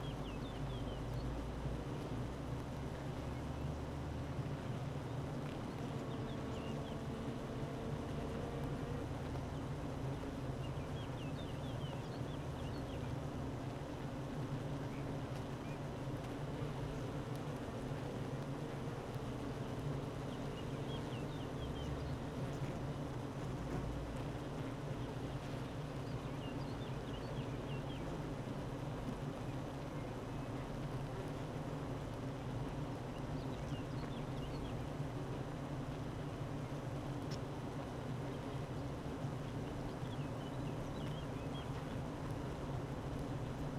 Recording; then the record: honeybee colony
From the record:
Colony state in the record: active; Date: 12 June 2018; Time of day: 9:07